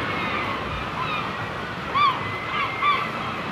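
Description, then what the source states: Gull calls: two clear short yelps about a second apart stand out from fainter gull cries, over a steady background wash. Gulls on the shore.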